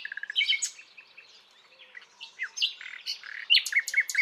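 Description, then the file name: Common nightingale song: rapid varied phrases, a run of repeated chirps opening, then whistles, trills and sharp notes, ending in a quick series of repeated notes. "Luscinia megarhynchos"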